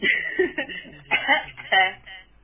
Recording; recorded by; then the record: voluntary cough; telephone call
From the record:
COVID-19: negative